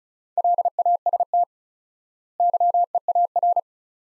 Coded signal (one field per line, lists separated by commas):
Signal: Morse code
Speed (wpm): 36 wpm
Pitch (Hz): 700 Hz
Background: none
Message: LAST YEAR